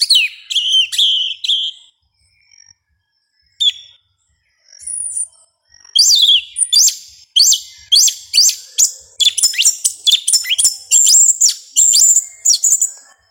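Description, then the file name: Yellow-legged thrush song: varied whistled phrases at first, building into a dense fast stream of sharp high notes. "Canto do sabia una"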